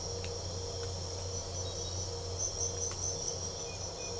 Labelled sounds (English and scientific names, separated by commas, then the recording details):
none
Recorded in pastures near Puerto Asís, Putumayo, Colombia, on 22 December 2024 at 03:30
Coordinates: 0.497, -76.327
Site G088